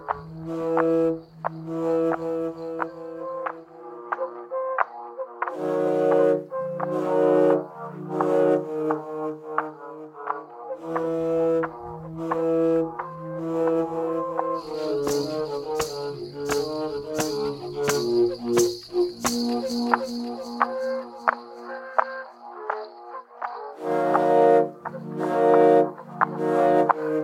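Deep, horn-like tones sound in rhythmic, overlapping bursts in a village, with a thin high whistle running through the middle stretch.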